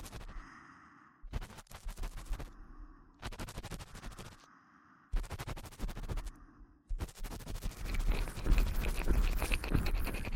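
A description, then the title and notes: Wet, crackling ear-eating sounds come in bursts of dense clicks and smacks, each lasting about a second, separated by short quieter gaps. A low, steady hum sits underneath. After about seven seconds the mouth sounds turn continuous, louder and busier through to the end. ASMR Intense Ear Eating.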